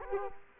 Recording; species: mosquito wingbeat signal from an infrared sensor; Culex quinquefasciatus